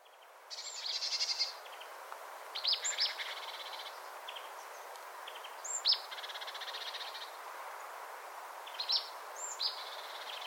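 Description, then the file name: Marsh tit calling: bright clipped notes leading into dry, buzzy stuttering series, repeated several times against a low constant rushing noise. "Poecile palustris"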